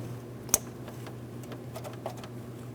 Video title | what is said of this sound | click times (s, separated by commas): How to Replace Vehicle Speed Sensor 2008-2016 Chrysler Town & Country 3.8L V6 | As far as reconnecting this electrical connector, we'll line it up, press it all the way down, listen for a click, make sure it's secure. | 0.5 s